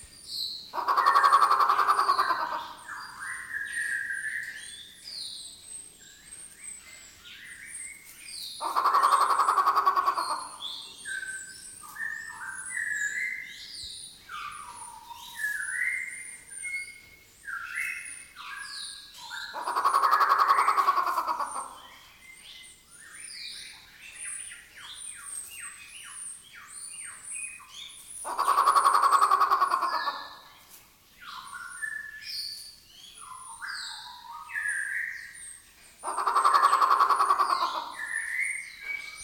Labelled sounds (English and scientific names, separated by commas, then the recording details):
White-rumped Shama (Copsychus malabaricus)
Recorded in captivity
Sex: male
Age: adult
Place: Zoo Berlin, Berlin, DE
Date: 1997-01-18 14:13
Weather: bedeckt, -1°C
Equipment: Nagra SN, Kopie Uher 4000 Report Monitor
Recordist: Tembrock, Günter